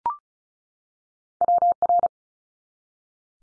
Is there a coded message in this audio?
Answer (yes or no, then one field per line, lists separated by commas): yes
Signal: Morse code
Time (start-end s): 1.4-2.1 s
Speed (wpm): 36 wpm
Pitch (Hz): 700 Hz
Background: none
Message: WR